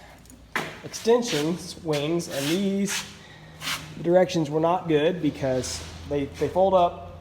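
A safety pin is being handled at the folding extension bracket of a Supermax 25/50 belt sander table while someone talks. A few faint, brief sounds come before the talk starts, and a sharp transient occurs at the very end. Nothing has seated or clicked yet.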